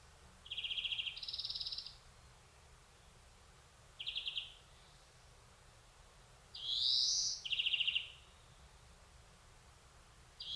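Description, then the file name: European greenfinch trills at varied pitches, a lone rattle, then a rising wheeze and another trill, spaced over about ten seconds. "Chloris chloris"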